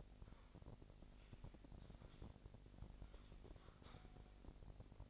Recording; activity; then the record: daily activity, microphone in the room; typing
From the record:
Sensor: 5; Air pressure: 1007.7 hPa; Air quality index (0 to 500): 95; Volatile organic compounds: 1 ppm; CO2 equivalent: 748 ppm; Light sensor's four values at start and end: 42/99/41/43 and 42/98/41/43